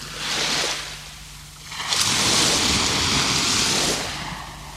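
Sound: ocean waves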